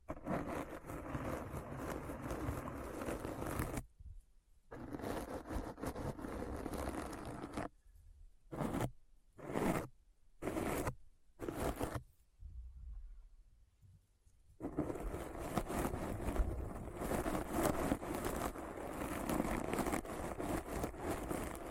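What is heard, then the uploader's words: Deep brain scratching ASMR: dense, steady scraping for four seconds, then short choppy bursts with silent gaps, before continuous rough scratching resumes from fifteen seconds. ASMR Deep Brain Scratch (No Talking).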